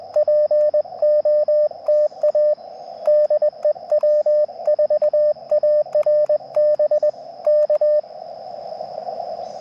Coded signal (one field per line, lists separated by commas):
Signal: Morse code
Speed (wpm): 20 wpm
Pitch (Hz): 590 Hz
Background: radio noise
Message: POTA DE W4ARB K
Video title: POTA QRP CW - 05/31/23 @ K-4451